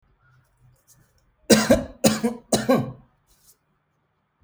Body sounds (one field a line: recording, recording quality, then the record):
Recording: shallow voluntary cough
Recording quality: excellent, no background noise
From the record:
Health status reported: healthy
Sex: male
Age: 32 years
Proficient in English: yes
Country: India